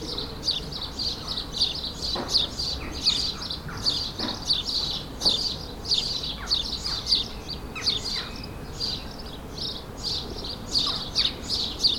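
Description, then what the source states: Sparrows chirp in a steady, crowded chorus of quick bright notes, with some lower calls mixed in and a faint background hum. Suburban ambient recording, May 2022, several sparrows.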